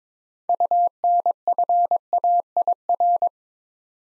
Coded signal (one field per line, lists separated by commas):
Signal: Morse code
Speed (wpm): 22 wpm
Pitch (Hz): 700 Hz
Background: none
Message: UNFAIR